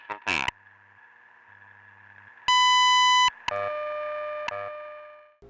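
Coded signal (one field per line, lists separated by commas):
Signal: radio time signal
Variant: WWV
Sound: steady hum, a loud 0.8-second beep, then a lower tone with clicks each second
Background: radio static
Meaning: The long 1 kHz tone marks the start of the minute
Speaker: at the tone 15 hours 1 minute coordinated universal time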